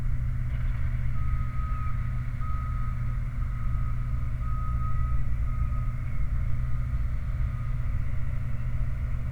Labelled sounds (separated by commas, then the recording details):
machinery, flare stack
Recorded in the Prudhoe Bay oil fields, Alaska, on 28 July 2019 at 23:07
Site 29